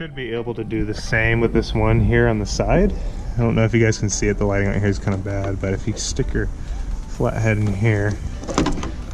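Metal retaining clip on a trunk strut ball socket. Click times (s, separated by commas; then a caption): 8.6 s. Someone talks while pushing a flathead screwdriver into the groove of the metal retaining clip on the ball-socket end of a trunk strut on a 370Z, replaced to fix a trunk that won't open. At 8.6 s the clip pops free with a sharp metallic snap, followed by a few smaller clicks, and the clip is released.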